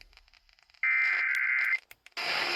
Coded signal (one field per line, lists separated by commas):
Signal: Emergency Alert System (SAME) tones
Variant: header bursts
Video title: EAS Alerts I forgot about with SQW's on WSW's 12/29/25 - 1/24/26 (EAS #6590 - 6860)